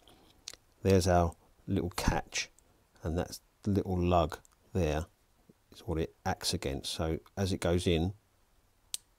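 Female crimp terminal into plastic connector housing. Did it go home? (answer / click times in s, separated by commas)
yes / 8.9 s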